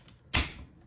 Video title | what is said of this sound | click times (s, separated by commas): INSE S610 Cordless Vacuum Review! | it should just click right into place | 0.4 s